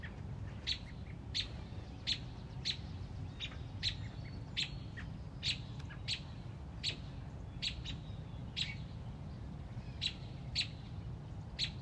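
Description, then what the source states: Robin calling with steady sharp chips, continuing throughout over low constant background noise. Mother robin on a front porch protecting a newly hatched chick.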